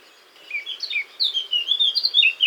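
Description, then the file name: Eurasian blackcap song, a rambling warble of varied whistled notes building in loudness. "Sylvia atricapilla"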